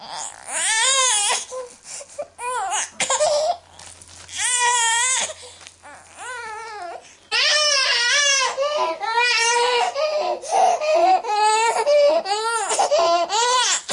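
A baby cries in repeated high-pitched wails, each lasting about a second, with brief catches of breath between them and a few shorter fussy sobs. The cries are loud, tonal and strained, typical of ordinary infant crying.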